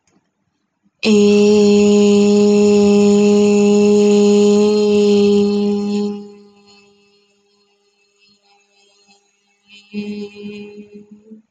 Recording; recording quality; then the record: sustained vowel as in made; excellent, no background noise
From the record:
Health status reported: healthy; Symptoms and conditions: none ticked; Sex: female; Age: 21 years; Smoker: not ticked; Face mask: not worn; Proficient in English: yes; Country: India